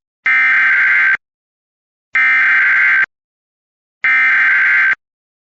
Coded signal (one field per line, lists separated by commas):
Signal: Emergency Alert System (SAME) tones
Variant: header bursts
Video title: EAS #944 Immediate Evacuation